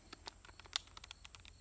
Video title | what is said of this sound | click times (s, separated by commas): Tec 22 Intratec Tec-22 | make sure you hear that click and you're gonna wanna rock it forward so it's seated properly so the might magazine | 0.8 s